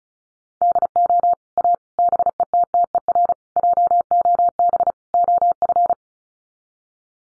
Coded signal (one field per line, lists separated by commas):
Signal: Morse code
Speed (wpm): 34 wpm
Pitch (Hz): 700 Hz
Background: none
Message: DO A BETTER JOB OF